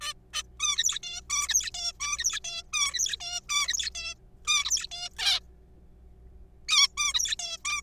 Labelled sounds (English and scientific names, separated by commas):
Zebra Finch (Taeniopygia guttata)